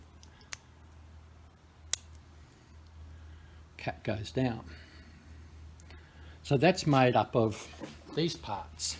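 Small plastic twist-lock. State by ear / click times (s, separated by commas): released / 1.9 s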